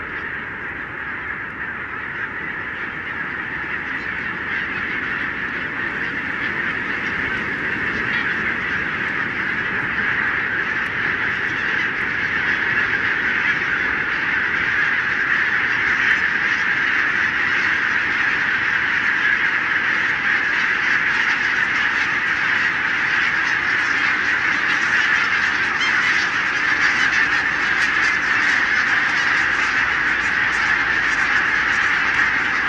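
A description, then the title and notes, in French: A huge winter flock of barnacle geese, some twenty thousand birds, fills the air with a dense, unbroken babble of yapping calls. The din stays steady throughout, thickening slightly as it goes, with a low rumble underneath. Murmures de l'hiver - Vingt milles bernaches. Renesse - Pays-bas - Nagra LB - Telinga P7. Les hivers peuvent être très bruyants comme le démontre cette rencontre avec 20 000 Bernache nonnette ( Branta leucopsis) en Hollande sur leur lieu d'hivernage.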